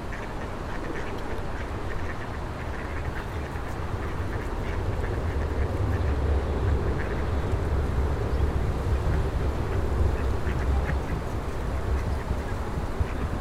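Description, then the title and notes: Ducks quack in quick scattered bursts while a deep vehicle rumble swells and lingers through the middle. Ducks fed by passers-by on the Old Town Promenade, Stare Miasto, Wrocław, at 16:00, with passing cars and buses; Sony PCM-D50 recorder, Rode NT4 microphone, FEL BMA preamplifier. "Kaczki i gołębie na Promenadzie Staromiejskiej cz.2 Lokalizacja: Stare Miasto Czas: 16.00 Opis: Kaczki i gołębie karmione przez przechodniów. Odgłosy przejeżdżających samochodów i autobusów. Autor nagrania: Bartosz Grzyb"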